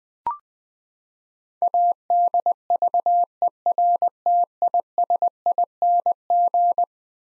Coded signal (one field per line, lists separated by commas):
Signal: Morse code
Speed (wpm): 20 wpm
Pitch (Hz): 700 Hz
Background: none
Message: ADVERTISING